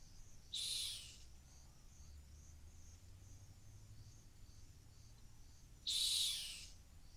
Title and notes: Rock Hyrax calling at Gorge. A rock hyrax calling from the edge of a gorge in the Masai Mara